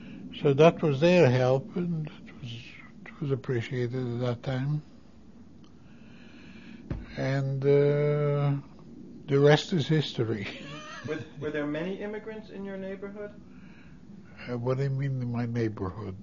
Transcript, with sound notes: So that was their help and it was appreciated at that time. And, uh, the rest is history. ( he laughs )
Were there many immigrants in your neighborhood?
What do you mean, my neighborhood?